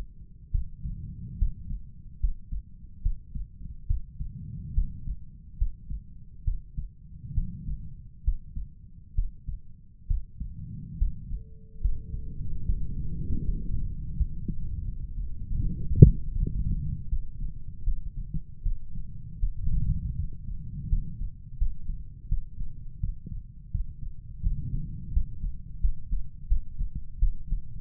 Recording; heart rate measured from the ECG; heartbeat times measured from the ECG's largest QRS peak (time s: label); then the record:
heart sounds by stethoscope; 76 bpm
0.51 s: heartbeat
1.38 s: heartbeat
2.19 s: heartbeat
3.02 s: heartbeat
3.87 s: heartbeat
4.73 s: heartbeat
5.57 s: heartbeat
6.44 s: heartbeat
7.34 s: heartbeat
8.23 s: heartbeat
9.14 s: heartbeat
10.07 s: heartbeat
10.97 s: heartbeat
11.80 s: heartbeat
12.65 s: heartbeat
13.44 s: heartbeat
14.16 s: heartbeat
14.84 s: heartbeat
15.56 s: heartbeat
16.32 s: heartbeat
17.08 s: heartbeat
17.83 s: heartbeat
18.62 s: heartbeat
19.39 s: heartbeat
20.15 s: heartbeat
20.89 s: heartbeat
21.57 s: heartbeat
22.28 s: heartbeat
22.99 s: heartbeat
23.71 s: heartbeat
24.42 s: heartbeat
25.12 s: heartbeat
25.80 s: heartbeat
26.48 s: heartbeat
27.19 s: heartbeat
From the record:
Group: healthy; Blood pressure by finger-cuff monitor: 100/68 mmHg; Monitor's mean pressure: 79 mmHg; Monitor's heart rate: 83 bpm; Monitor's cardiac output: 6.1 L/min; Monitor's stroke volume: 72 mL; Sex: male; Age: 35 years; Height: 178 cm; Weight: 64 kg